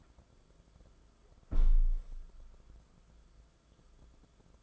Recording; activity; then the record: daily activity, microphone in the room; close window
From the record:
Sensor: 5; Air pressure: 994.4 hPa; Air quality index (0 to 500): 185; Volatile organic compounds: 1000 ppm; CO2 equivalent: 5462 ppm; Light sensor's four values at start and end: 9/22/8/9 and 8/21/8/9